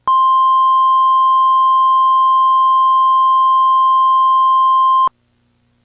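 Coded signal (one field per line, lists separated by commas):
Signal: Emergency Alert System (SAME) tones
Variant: 1050 Hz attention tone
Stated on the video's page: Mock EAS Child Abduction Emergency.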